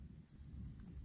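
On a 1.6 HDi engine during an EGR valve replacement, a mechanic handles a hose or pipe connector, pushing it toward its engine fitting. Only a steady low rumble is heard, with no distinct click. Nothing has seated or clicked yet.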